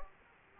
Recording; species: mosquito wingbeat signal from an infrared sensor; Aedes aegypti